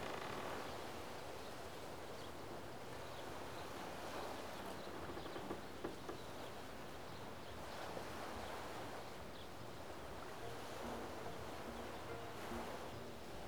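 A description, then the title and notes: Water laps and washes steadily at the edge of a Canadian lake, a dense, even rush with soft surges every few seconds. Wind brushes the microphone with a low rumble underneath, and the level stays constant throughout. Beside a canadian lake.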